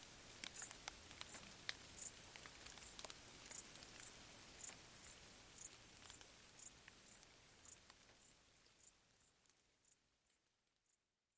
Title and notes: Crickets in gentle summer rain. crickets stridulating late at night whilst gentle summer rain falls on the surrounding vegetation. along an abandoned railway track in Bad Boll, Baden-Württemberg. Colin Hunter. Music for Sleep